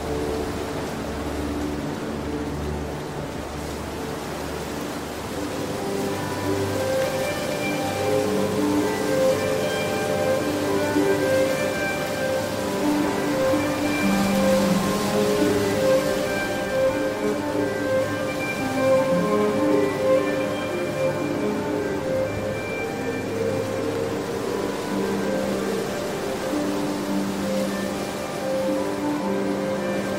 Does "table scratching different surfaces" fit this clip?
no